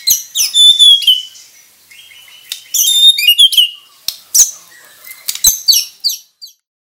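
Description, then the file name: White-rumped shama mixing loud high whistles with harsh, scratchy bursts in uneven phrases, separated by short pauses. Crowned variety from Borneo, harsh voice. "Suara kasar burung murai batu borneo mahkota"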